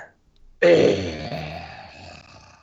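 A single loud, low, rumbling burp bursts out suddenly after a brief quiet moment, then trails off slowly over a couple of seconds with a throaty, voiced rasp.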